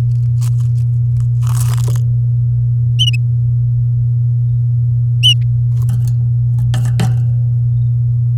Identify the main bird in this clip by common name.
Domestic Canary